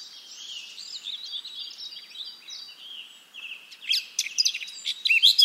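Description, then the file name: Eurasian blackcap song, a long run of high, varied warbling and scratchy chattering notes that grows louder and more rapid toward the end. "Sylvia atricapilla"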